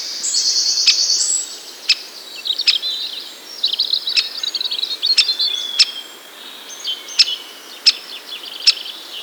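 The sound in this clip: Birdsong opening with a long hissing buzz, then scattered high chirps and sharp ticks repeated throughout.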